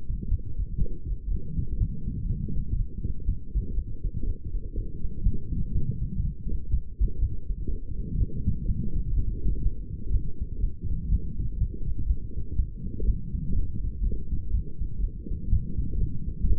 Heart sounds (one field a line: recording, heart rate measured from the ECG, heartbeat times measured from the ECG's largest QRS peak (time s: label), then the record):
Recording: heart sounds by stethoscope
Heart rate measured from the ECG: 122 bpm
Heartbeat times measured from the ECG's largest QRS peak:
0.31 s: heartbeat
0.80 s: heartbeat
1.30 s: heartbeat
1.79 s: heartbeat
2.29 s: heartbeat
2.78 s: heartbeat
3.27 s: heartbeat
3.76 s: heartbeat
4.26 s: heartbeat
4.76 s: heartbeat
5.25 s: heartbeat
5.74 s: heartbeat
6.23 s: heartbeat
6.72 s: heartbeat
7.21 s: heartbeat
7.70 s: heartbeat
8.19 s: heartbeat
8.67 s: heartbeat
9.16 s: heartbeat
9.64 s: heartbeat
10.13 s: heartbeat
10.62 s: heartbeat
11.11 s: heartbeat
11.60 s: heartbeat
12.09 s: heartbeat
12.58 s: heartbeat
13.07 s: heartbeat
13.55 s: heartbeat
14.04 s: heartbeat
14.53 s: heartbeat
15.02 s: heartbeat
15.51 s: heartbeat
16.00 s: heartbeat
16.48 s: heartbeat
From the record:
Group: healthy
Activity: light exercise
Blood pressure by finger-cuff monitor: 150/87 mmHg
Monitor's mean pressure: 105 mmHg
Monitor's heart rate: 122 bpm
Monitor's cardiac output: 9.8 L/min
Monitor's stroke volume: 80 mL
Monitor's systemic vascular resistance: 790 dyn s/cm5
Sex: female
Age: 22 years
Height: 163 cm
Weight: 67.1 kg